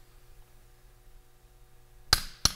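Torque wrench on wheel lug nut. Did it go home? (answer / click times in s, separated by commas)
yes / 2.1 s, 2.5 s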